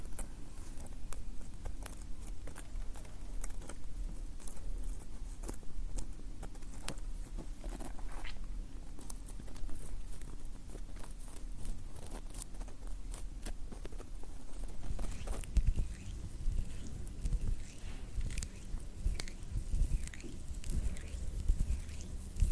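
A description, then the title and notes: Close-up hand movements rustle and tap over a dense, layered bed of sound, with many sharp clicks and small knocks scattered throughout. A low rumble sits underneath the whole time and grows heavier after about fifteen seconds, joined by brighter swishing strokes. ASMR Intense Layered Sounds + Closeup Hands movements.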